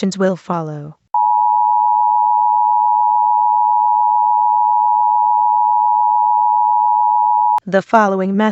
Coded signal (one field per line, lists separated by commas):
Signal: Emergency Alert System (SAME) tones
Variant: 853 and 960 Hz attention tone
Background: speech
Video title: EAS Mock Scenario - Hell On Earth